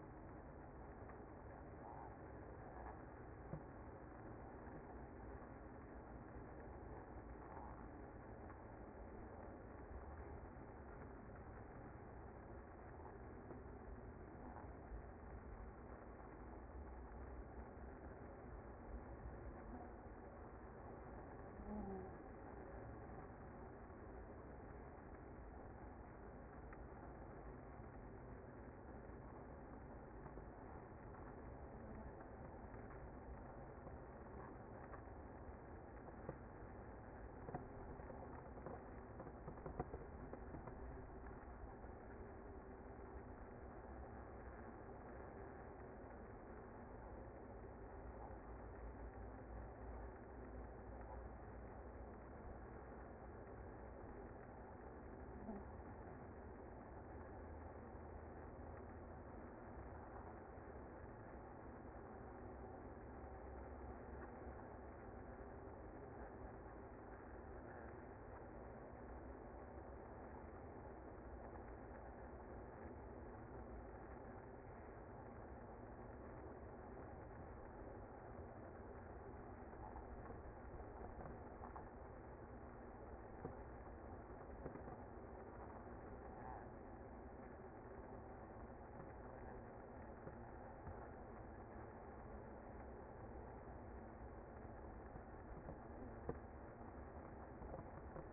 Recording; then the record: honeybee colony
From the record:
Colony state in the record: active